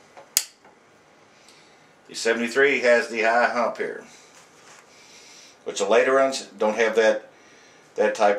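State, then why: Released. The latch of the trapdoor breech block on the receiver of a steel 1st Model 1873 Springfield carbine, a Custer-period gun, is opened and releases with a single sharp metallic click at 0.4 s. Afterward, someone talks in two stretches.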